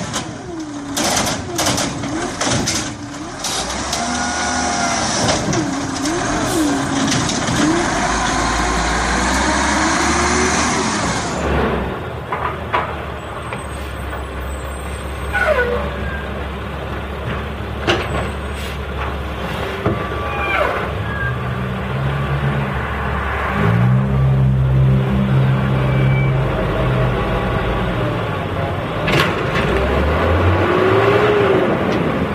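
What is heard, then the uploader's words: A garbage truck works with a low, heavy engine rumble running throughout. For the first eleven seconds a loud hiss and clatter of mechanical noise sits over it, then that cuts off, leaving the deeper grinding engine, which swells louder near twenty-five seconds. Garbage Trucks.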